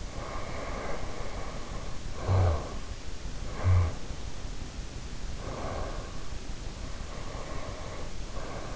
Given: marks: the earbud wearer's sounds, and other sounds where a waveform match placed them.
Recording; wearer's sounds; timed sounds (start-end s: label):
sounds in sleep by an in-ear microphone; snoring breath, breath
0.05-2.71 s: snoring breath
3.20-4.08 s: snoring breath
5.51-8.75 s: breath